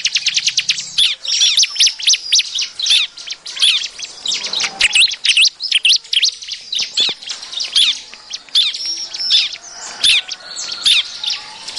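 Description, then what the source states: Bar-winged prinia song: busy, twittering stream of high chirps and short whistles, repeated rapidly in uneven bursts. Lure call.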